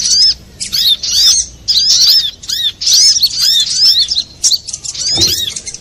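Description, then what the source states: Little spiderhunter song, bursts of high, sharp chirps and swept whistled notes in quick phrases separated by short pauses, with a soft low thump near the end. Master recording for training cage birds; labelled Labaik.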